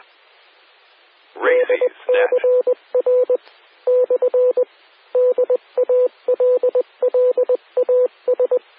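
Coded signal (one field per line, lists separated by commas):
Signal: Morse code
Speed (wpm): 20 wpm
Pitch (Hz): 500 Hz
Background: speech, radio noise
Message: DCR / DALLAS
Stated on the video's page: Morse from an amateur repeater on 146.880 MHz.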